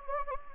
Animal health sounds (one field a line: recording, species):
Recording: mosquito wingbeat signal from an infrared sensor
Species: Anopheles gambiae